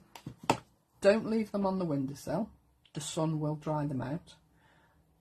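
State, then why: Seated. A plastic lid is closed and fastened onto an ink pad case so the pad does not dry out, and it snaps shut with a sharp click at 0.5 s, just after a smaller tap at 0.2 s. Someone then talks. The lid is seated.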